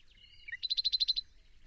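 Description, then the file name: Common nightingale song phrase: thin high whistles followed by a quick rattle of about eight sharp repeated notes, over a faint low rumble. "Luscinia megarhynchos"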